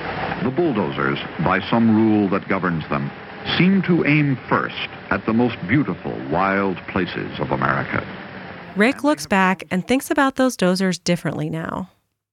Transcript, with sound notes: The bulldozers, by some rule that governs them, seem to aim first at the most beautiful, wild places of America. [fades out] Rick looks back and thinks about those dozers differently now.